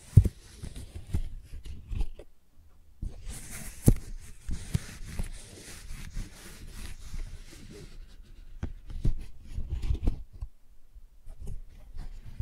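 Tingly flower sounds: soft crinkling, rustling and tapping handled in irregular bursts. A brighter, hissy rustle fills the middle stretch from about three to eight seconds, with sharp little clicks scattered throughout and brief quiet gaps near two and eleven seconds.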